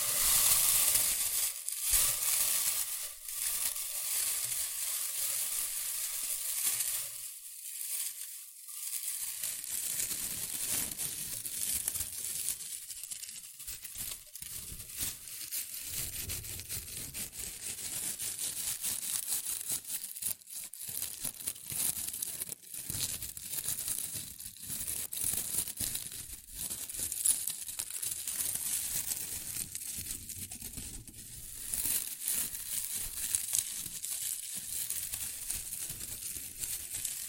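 Shredded tissue and packing peanuts rustle and crinkle continuously, a dense, bright crackling texture with many tiny overlapping crackles. The handling surges and eases irregularly, with a brief lull near seconds 7 to 9 and occasional sharper crunches throughout.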